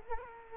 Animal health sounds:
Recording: mosquito wingbeat signal from an infrared sensor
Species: Culex quinquefasciatus

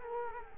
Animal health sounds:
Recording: mosquito wingbeat signal from an infrared sensor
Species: Culex quinquefasciatus

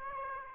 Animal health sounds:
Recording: mosquito wingbeat signal from an infrared sensor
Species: Aedes aegypti

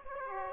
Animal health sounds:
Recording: mosquito wingbeat signal from an infrared sensor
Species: Aedes aegypti

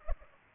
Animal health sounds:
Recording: mosquito wingbeat signal from an infrared sensor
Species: Culex pipiens

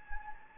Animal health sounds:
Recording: mosquito wingbeat signal from an infrared sensor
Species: Anopheles gambiae

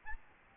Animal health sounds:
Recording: mosquito wingbeat signal from an infrared sensor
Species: Aedes albopictus

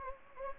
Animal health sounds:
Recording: mosquito wingbeat signal from an infrared sensor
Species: Anopheles gambiae

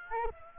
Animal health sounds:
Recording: mosquito wingbeat signal from an infrared sensor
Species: Aedes aegypti

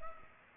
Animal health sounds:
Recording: mosquito wingbeat signal from an infrared sensor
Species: Culex pipiens

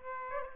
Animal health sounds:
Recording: mosquito wingbeat signal from an infrared sensor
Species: Aedes aegypti

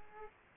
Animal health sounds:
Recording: mosquito wingbeat signal from an infrared sensor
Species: Aedes aegypti

